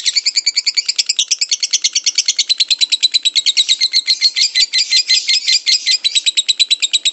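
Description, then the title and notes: Lovebird trilling song, a long, fast, buzzy chattering trill held without a break, pulses steady at high pitch throughout. Lovebird ngekek, a long song, used as a lure song (kicau pancingan). "Master Kicau Lovebird ngekek, kicau pancingan"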